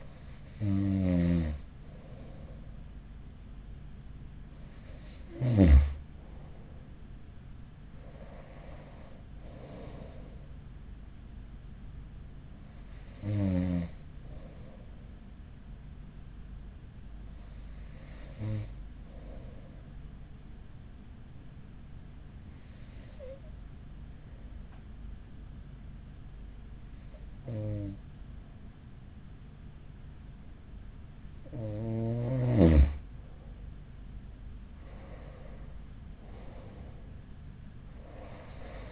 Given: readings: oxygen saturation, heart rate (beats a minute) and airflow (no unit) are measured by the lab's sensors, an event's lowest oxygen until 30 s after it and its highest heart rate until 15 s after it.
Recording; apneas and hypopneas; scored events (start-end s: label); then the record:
breathing in sleep by a smartphone at the bedside; none
17.00-38.92 s: new sleep stage, N2 (light sleep)
From the record:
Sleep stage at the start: N1 (lightest sleep); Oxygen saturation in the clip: 92 to 95%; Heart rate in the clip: 43 to 50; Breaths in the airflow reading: 9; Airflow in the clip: -6.4 to 9.8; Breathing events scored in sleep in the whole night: 207 in 7.6 hours asleep